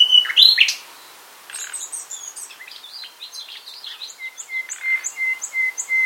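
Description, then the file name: Common nightingale song: loud rich phrases with a rising whistle, a quiet pause, varied notes, then a rapid sequence of pure whistled notes that grow louder. "Luscinia megarhynchos"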